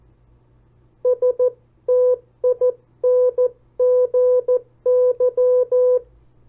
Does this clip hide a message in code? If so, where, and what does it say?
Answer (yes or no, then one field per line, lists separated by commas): yes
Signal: Morse code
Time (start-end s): 1.1-6.0 s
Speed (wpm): 14 wpm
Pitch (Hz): 500 Hz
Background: none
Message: STINGY